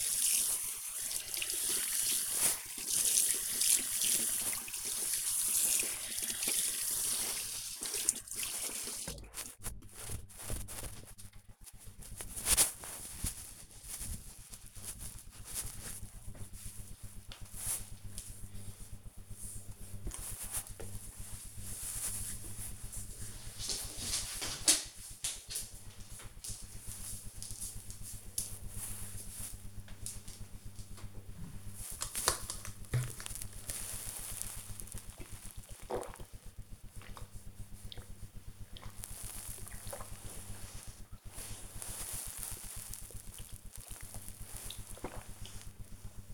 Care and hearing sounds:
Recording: household activities, microphone on the right wrist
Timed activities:
0.00-11.12 s: washing hands
30.23-46.34 s: drinking

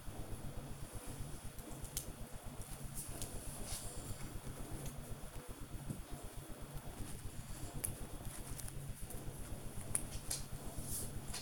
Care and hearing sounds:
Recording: household activities, microphone on the right wrist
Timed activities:
0.00-11.42 s: building with lego

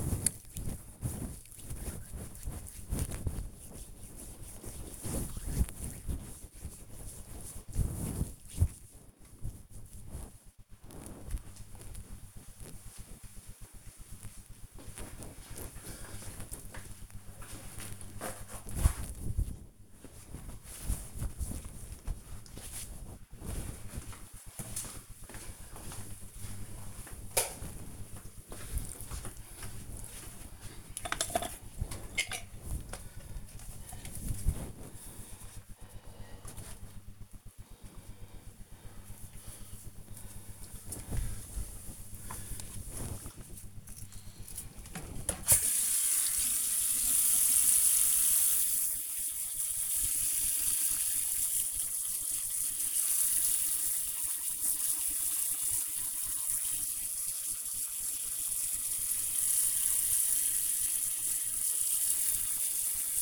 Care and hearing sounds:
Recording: household activities, microphone on the right wrist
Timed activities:
0.00-8.46 s: disinfecting hands
31.60-63.22 s: brushing teeth

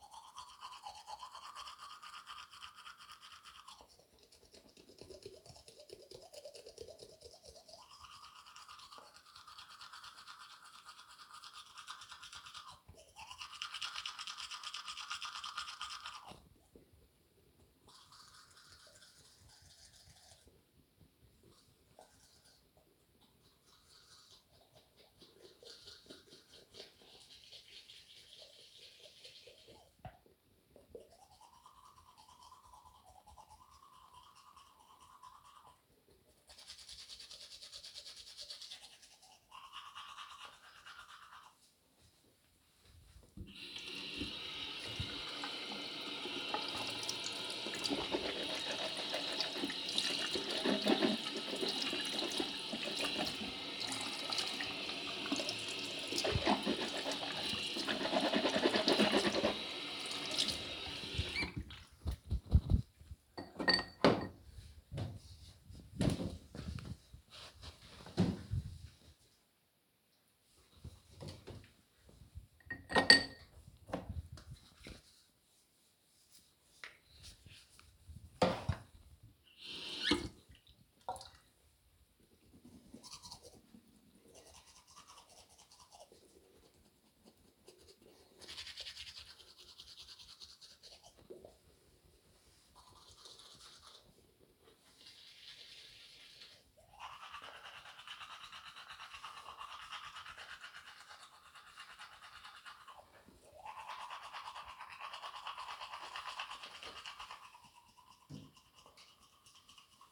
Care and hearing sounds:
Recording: household activities, microphone on the right wrist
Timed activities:
0.00-62.88 s: brushing teeth
72.94-110.12 s: brushing teeth

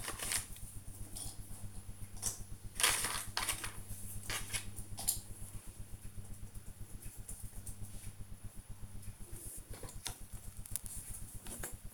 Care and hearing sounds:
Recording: household activities, microphone on the right wrist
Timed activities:
0.00-9.52 s: doing a puzzle

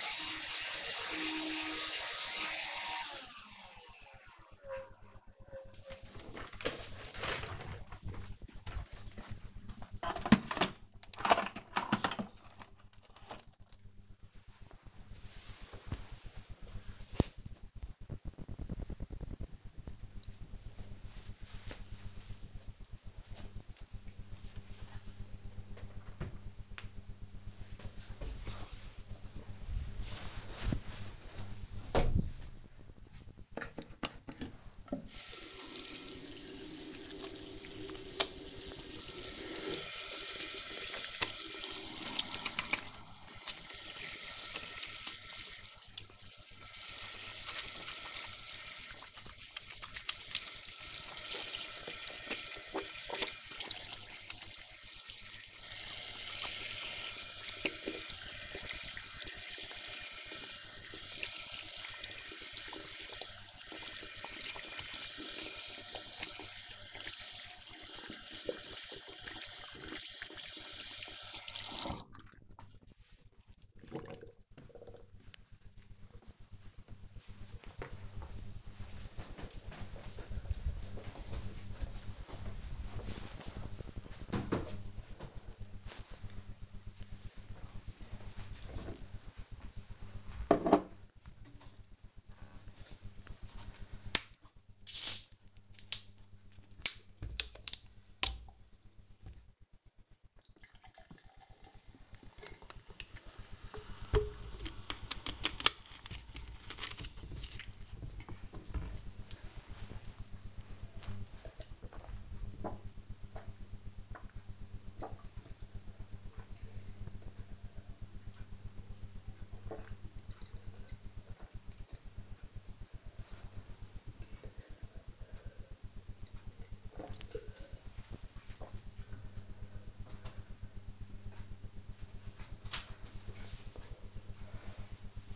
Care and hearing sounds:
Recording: household activities, microphone on the right wrist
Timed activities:
0.00-2.65 s: vacuum cleaning
32.87-72.15 s: washing hands
91.29-129.52 s: drinking

